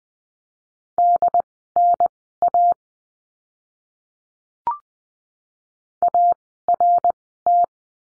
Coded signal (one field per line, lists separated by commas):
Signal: Morse code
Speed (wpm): 20 wpm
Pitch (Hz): 700 Hz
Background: none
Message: DNA ART